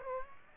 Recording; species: mosquito wingbeat signal from an infrared sensor; Aedes aegypti